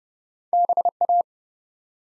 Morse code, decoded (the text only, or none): BA